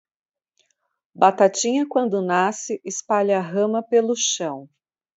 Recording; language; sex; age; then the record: short text; Brazilian Portuguese; female; 40 to 49 years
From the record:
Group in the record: control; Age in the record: 40 years